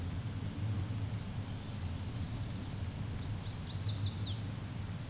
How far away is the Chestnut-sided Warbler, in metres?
about 15 m